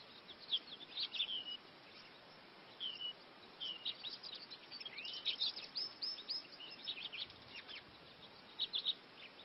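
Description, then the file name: Lawrence's goldfinch song: scattered high chirps and short twittered phrases, busiest midway, against quiet hiss. "Canto do pintassilgo lawrence"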